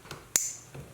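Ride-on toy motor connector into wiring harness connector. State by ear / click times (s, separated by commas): seated / 0.4 s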